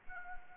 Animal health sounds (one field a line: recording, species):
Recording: mosquito wingbeat signal from an infrared sensor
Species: Anopheles arabiensis